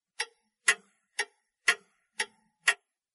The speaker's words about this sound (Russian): В гостиной снова наступило молчание, только где-то в другой комнате часы громко отсчитывали минуты.